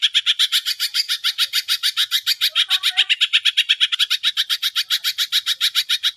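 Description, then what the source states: Greater green leafbird making rapid, rattling chatter of rough repeated pulses, plus a short cluster of soft low notes near the middle. Singing actively ('gacor'); masteran and pancingan, training and prompting audio for cage birds.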